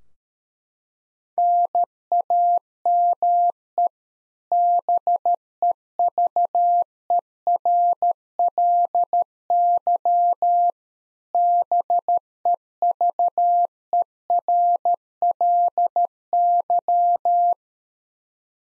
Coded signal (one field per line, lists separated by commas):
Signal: Morse code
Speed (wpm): 13 wpm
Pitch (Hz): 700 Hz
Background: none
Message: NAME BEVERLY BEVERLY